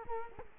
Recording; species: mosquito wingbeat signal from an infrared sensor; Culex quinquefasciatus